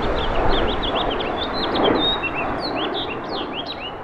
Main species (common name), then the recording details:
House Finch. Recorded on Long Island, New York, on 20 April 2012. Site GC. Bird D